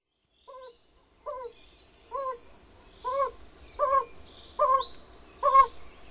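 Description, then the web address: Yellow-bellied toad giving soft, mellow hooting notes, each with a slight wavering, repeated about every 0.8 seconds and growing louder, with high bird twitters and whistles above. "Hangok Bombina variegata"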